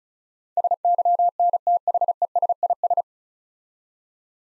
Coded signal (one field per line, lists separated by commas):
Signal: Morse code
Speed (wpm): 36 wpm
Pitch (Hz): 700 Hz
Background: none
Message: SYNTHESIS